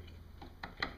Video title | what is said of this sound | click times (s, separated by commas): How to Install a Graphics Card | gotta there we go plug it in there until it clicks | 0.8 s